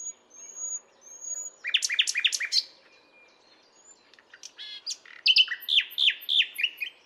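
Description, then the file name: Common nightingale singing: a thin whistle, then a fast burst of rich trilled notes, a pause, and another energetic phrase of varied chirps and rattles. "Luscinia megarhynchos"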